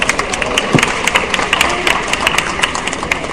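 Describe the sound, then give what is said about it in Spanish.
A crowd claps steadily for a participant who correctly answered a Marvel trivia question about Hulk, many hands overlapping into a dense, crackling wash of applause that stays fairly loud and even throughout, with brief murmurs of voices mixed in. “Un aplauso, por favor, chicos.”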